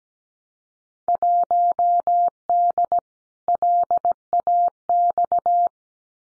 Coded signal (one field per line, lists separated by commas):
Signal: Morse code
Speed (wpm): 17 wpm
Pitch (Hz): 700 Hz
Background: none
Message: 1D LAX